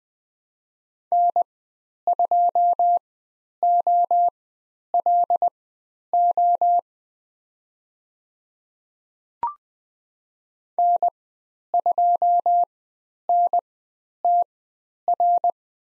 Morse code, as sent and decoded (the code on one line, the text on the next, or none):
-. ..--- --- .-.. --- / -. ..--- -. - .-.
N2OLO N2NTR